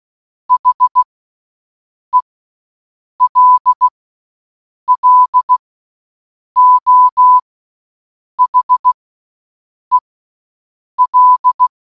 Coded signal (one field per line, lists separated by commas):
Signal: Morse code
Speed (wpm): 16 wpm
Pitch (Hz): 1000 Hz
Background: none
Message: HELLO HEL